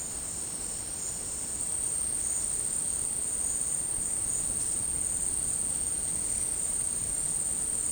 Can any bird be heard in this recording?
no